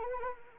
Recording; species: mosquito wingbeat signal from an infrared sensor; Anopheles arabiensis